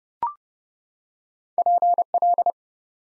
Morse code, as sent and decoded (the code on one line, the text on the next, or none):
.--. .-..
PL